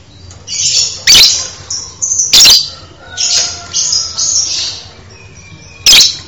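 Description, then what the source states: Songbird giving harsh, buzzy high phrases between loud cracking clicks, with a few thin whistled notes and a low hum in the background. Masteran training audio for songbirds.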